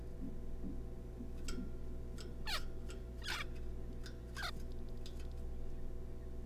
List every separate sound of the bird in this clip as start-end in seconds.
2.46-2.60, 3.22-3.43, 4.37-4.51